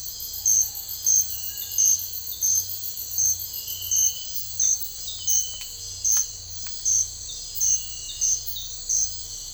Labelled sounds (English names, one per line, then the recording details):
none
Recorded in secondary vegetation near Puerto Asís, Putumayo, Colombia, on 21 December 2024 at 04:30
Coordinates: 0.498, -76.327
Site GP07